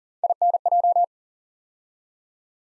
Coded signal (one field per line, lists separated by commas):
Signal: Morse code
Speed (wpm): 41 wpm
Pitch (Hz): 700 Hz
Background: none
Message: INJ